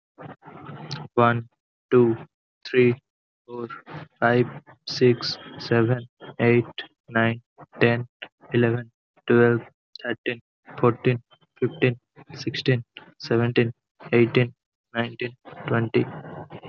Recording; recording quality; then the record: counting at a normal pace; excellent, no background noise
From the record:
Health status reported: healthy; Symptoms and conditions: none ticked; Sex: male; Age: 20 years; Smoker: not ticked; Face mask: not worn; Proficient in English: yes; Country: India